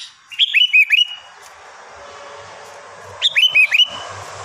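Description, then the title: Sooty-headed bulbul singing two cheerful, liquid four-note whistled phrases about three seconds apart over faint background hum. "Kutilang"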